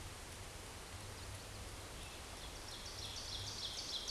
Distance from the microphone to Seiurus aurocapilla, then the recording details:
about 50 m. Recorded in a Pennsylvania forest on 17 May 2023 at 14:02. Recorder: AudioMoth, point grid1_30_low. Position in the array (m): 209 m, 27 m